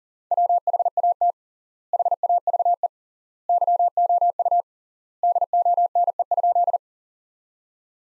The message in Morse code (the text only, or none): WHAT HAVE YOU DONE?